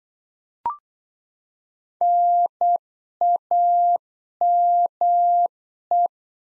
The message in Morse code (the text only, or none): NAME